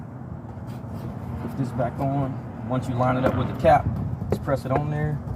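On a 2019 BMW 330i, after the spark plug job, the plastic engine cover or trim piece is being lined up with the cap on the engine bay mounting to be pressed down by hand. Someone talks over a steady low background hum. The clip ends before the cover is pressed home, so nothing has seated or clicked yet.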